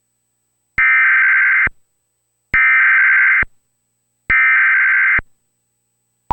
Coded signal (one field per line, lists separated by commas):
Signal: Emergency Alert System (SAME) tones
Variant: header bursts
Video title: EAS - Hazardous Materials Warning